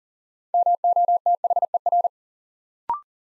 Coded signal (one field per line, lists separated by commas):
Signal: Morse code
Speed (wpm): 40 wpm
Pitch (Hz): 700 Hz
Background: none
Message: MOTHER